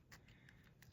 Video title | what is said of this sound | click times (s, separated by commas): Install Kato 11 211 in Cupola Caboose | and it pretty much snapped into place. There you go. | 0.8 s